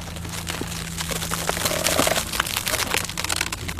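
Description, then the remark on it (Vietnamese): Bones crack and snap beneath a bed in a dense, irregular run of sharp crunching pops that lasts several seconds, fairly loud, over a steady low hum, with no voices. “Từ dưới gầm giường có tiếng xương gãy răng rắc vang lên làm cho Hồng gai hết cả người.”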